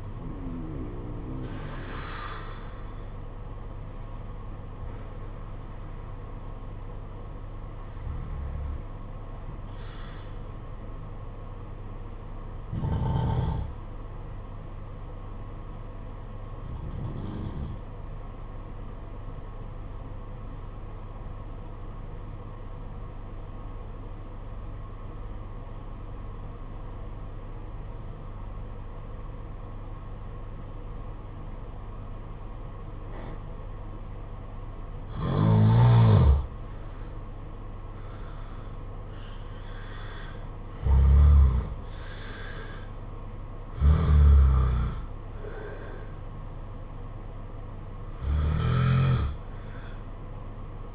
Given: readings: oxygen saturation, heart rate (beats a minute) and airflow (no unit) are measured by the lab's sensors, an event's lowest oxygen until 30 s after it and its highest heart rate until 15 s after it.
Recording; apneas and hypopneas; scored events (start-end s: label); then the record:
breathing in sleep by a smartphone at the bedside; 1
3.00-50.95 s: new sleep stage, N1 (lightest sleep)
20.00-35.10 s: obstructive apnea (N1, oxygen 95% highest, then 85% lowest, heart rate 52 at the start, 68 highest)
From the record:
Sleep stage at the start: N2 (light sleep); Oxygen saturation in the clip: 86 to 95%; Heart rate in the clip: 52 to 68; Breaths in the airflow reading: 9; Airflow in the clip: -10.4 to 9.6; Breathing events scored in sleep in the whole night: 476 in 9.7 hours asleep